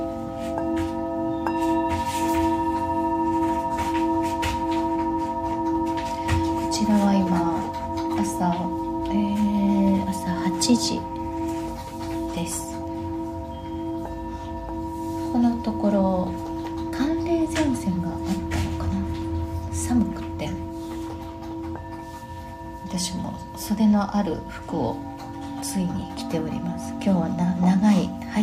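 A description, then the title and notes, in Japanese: Singing bowls ring on in long, steady overlapping tones while a voice speaks in short bursts throughout, with occasional light clinks. メキシコから シンギングボウルのサウンドヒーリング ライブ。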